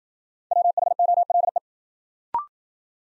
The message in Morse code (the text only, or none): WHOLE